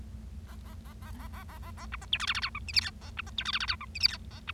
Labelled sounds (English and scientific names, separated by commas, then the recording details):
Bengalese Finch (Lonchura striata domestica) song
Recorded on 25 March 2012 at 10:15
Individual gy6or6